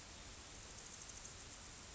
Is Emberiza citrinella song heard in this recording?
no